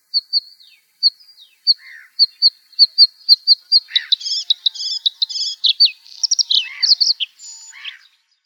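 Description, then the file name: Bluethroat song: a run of high ringing ting notes that speeds up, then bursts into varied buzzy, rattling and twanging phrases with brief pauses. "varakushka"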